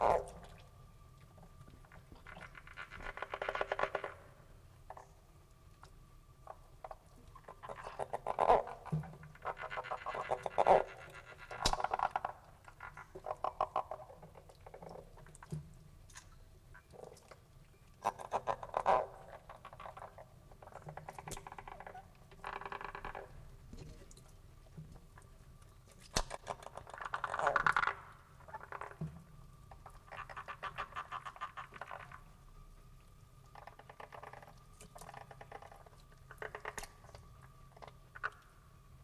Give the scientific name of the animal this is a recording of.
Pelophylax esculentus